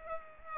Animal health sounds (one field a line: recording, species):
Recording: mosquito wingbeat signal from an infrared sensor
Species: Culex pipiens